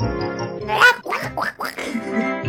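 A duck quacks several times in quick succession, nasal and raspy, with rich buzzing harmonics and fairly steady loudness, alone without any talking.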